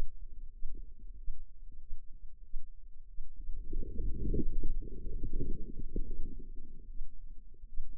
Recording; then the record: forearm muscle sounds (acoustic myography)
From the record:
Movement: inward rotation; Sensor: system 2, bracelet of six BSWA MPA416 microphones around the upper forearm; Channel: 1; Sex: female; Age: 25 years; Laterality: right